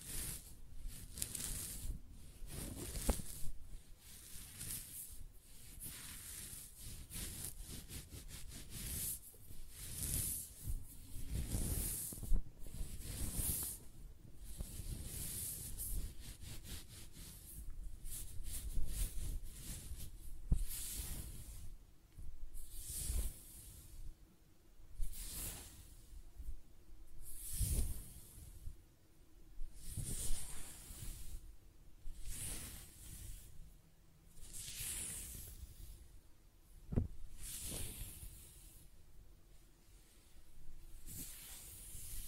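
Close-up hair sounds: repeated scratching, brushing and stroking strokes make a bright, hissing rasp that swells and fades every second or so. The strokes come in uneven bursts, denser in the first half, with a faint low steady hum underneath throughout.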